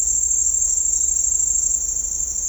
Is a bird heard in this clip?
no